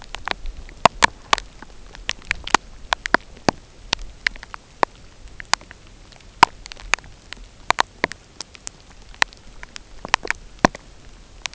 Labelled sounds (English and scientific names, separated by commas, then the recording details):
none
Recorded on Arctic tundra, site UTQI-0, on 13 June 2019
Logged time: 10:00